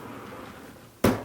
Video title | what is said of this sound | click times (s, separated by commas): 2006 American Eagle 45H SOLD!! | locks into place and then | 1.1 s